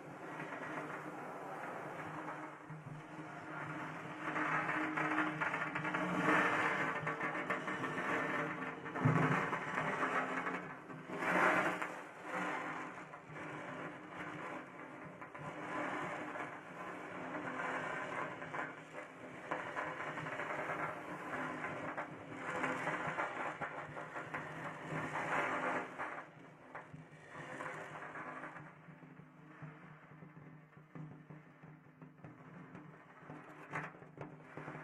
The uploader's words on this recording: The massage SPA with ASMR wood products provides ultimate numbness, comfort and relaxation.